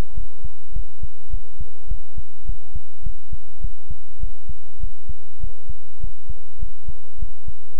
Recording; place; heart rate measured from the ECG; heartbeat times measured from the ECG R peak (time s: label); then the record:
heart sounds by stethoscope; between the tricuspid and mitral areas; 102 bpm
0.13 s: heartbeat
0.72 s: heartbeat
1.29 s: heartbeat
1.87 s: heartbeat
2.45 s: heartbeat
3.02 s: heartbeat
3.60 s: heartbeat
4.19 s: heartbeat
4.79 s: heartbeat
5.39 s: heartbeat
5.99 s: heartbeat
6.58 s: heartbeat
7.18 s: heartbeat
7.76 s: heartbeat
From the record:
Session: pedaling a stationary bicycle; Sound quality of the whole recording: good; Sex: male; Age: 24 years